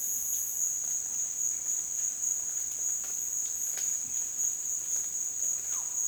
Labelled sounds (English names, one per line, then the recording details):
none
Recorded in dense forest near Puerto Asís, Putumayo, Colombia, on 25 June 2025 at 15:00
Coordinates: 0.484, -76.325
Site H65